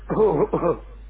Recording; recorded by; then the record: voluntary cough; telephone call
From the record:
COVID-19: negative